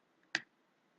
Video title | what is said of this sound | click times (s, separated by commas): Revue de la box WISMEC REULEAUX RX GEN3 DUAL | Là, c'est enclenché. | 0.3 s